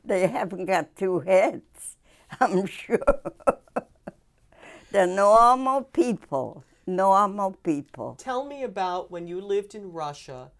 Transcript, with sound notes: They haven't got two heads, I'm sure. (she laughs) They're normal people, normal people.
Tell me about, when you lived in Russia...